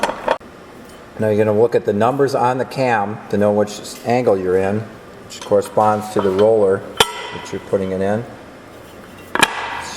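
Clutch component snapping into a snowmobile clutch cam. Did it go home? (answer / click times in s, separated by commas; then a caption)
yes / 9.4 s. During a TEAM Industries clutch kit install on a Yamaha Nytro snowmobile, a component is pressed into the clutch cam at the angle marked for its roller. Someone talks over brief knocks at the start, then a single sharp snap at 9.4 s marks it seating in place.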